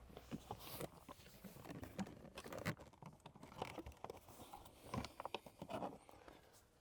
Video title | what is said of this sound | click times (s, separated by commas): Installing an OMP Targa steering wheel and Zestek Racing hub to a Toyota GR Yaris (How to guide) | there we go that comes out there's just three little clicks along this | 5.0 s, 5.3 s